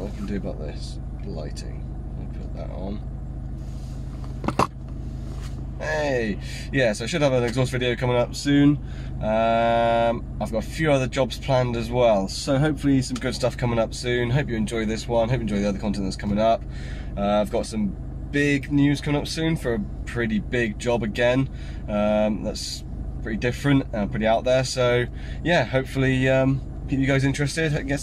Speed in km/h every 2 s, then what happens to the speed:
0, 0, 0, 0, 0, 0, 0, 0, 0, 0, 0, 0, 0, 0.
0-28 standing.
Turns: none.